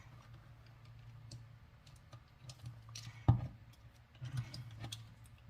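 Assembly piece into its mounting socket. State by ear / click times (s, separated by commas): seated / 4.9 s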